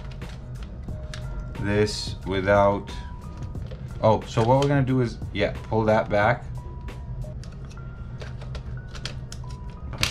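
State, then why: Seated. During a realignment of a PS5 disc drive that grinds and won't take in discs, a plastic part of the drive mechanism is pulled back and pushed down while someone talks over faint ticks and light handling clicks. The part clicks into place with a loud, sharp snap at 10.0 s, seating it.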